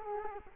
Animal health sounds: mosquito wingbeat signal from an infrared sensor; Culex quinquefasciatus

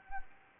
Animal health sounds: mosquito wingbeat signal from an infrared sensor; Anopheles gambiae

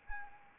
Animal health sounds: mosquito wingbeat signal from an infrared sensor; Anopheles arabiensis

